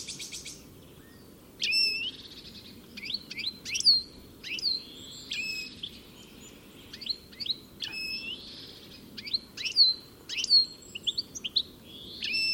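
Bird chirps, sparse and sharp, given singly or in short clusters with quiet gaps between them.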